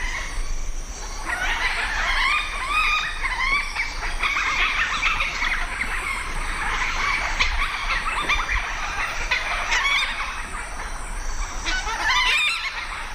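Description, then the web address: Red-bellied macaw flock in a dense, continuous chorus of overlapping raspy squawks and chatter, with no pauses throughout. Group calling; eastern lowlands of South America. "Natures Songs S America Eastern Lowlands. Orthopsitta manilata"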